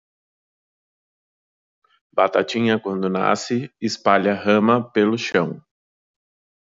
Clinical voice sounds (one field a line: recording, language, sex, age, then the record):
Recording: short text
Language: Brazilian Portuguese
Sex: male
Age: 30 to 39 years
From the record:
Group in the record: control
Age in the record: 35 years